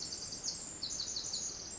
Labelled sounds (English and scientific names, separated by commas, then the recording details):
Pacific Wren (Troglodytes pacificus)
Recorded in Sonoma County, California